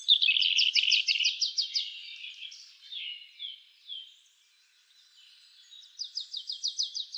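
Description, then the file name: European robin song: a rapid series of repeated high notes forming a trill, softer slurred notes, a pause, then another fast trill. "Erithacus rubecula"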